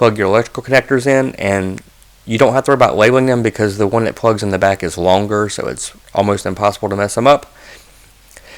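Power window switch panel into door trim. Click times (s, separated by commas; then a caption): 8.3 s, 8.4 s. A man talks while the electrical connectors are plugged into a plastic power window switch panel on a Dodge Dakota, Durango or Jeep, and the panel is then pressed into the door trim. Two quick clicks at 8.3 and 8.4 seconds mark the switch panel snapping into place, seated in the door trim.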